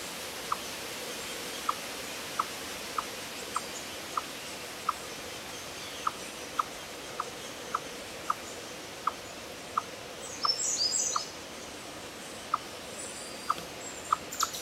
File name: Tamias striatus